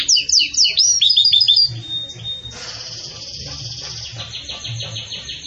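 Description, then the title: Canary giving quick sweeping chirps and a brief steady whistle, followed by a softer, faster buzzy trill that continues to the end. Pure campainha song with pauses, for training. "Canto Canário Belga Campainha Puro Com Pausa Para Treinamento"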